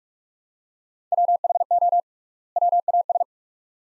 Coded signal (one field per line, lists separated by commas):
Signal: Morse code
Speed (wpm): 42 wpm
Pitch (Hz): 700 Hz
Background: none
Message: WHO WAS